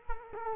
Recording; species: mosquito wingbeat signal from an infrared sensor; Culex quinquefasciatus